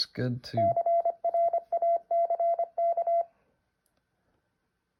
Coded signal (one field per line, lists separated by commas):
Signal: Morse code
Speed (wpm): 26 wpm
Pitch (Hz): 680 Hz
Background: speech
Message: CRACK